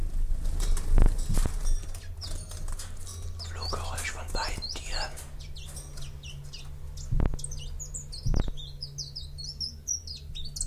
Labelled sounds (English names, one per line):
Common Chiffchaff song